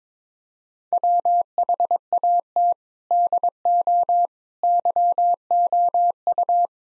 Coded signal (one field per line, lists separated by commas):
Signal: Morse code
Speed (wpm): 22 wpm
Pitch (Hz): 700 Hz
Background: none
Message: WHAT DO YOU